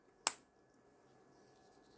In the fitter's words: not too hard, just nice and gentle. And we should hear a click.